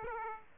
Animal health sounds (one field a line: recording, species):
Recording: mosquito wingbeat signal from an infrared sensor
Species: Aedes aegypti